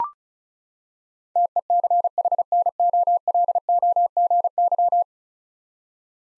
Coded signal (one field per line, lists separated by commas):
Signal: Morse code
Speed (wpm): 36 wpm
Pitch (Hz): 700 Hz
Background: none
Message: TECHNOLOGY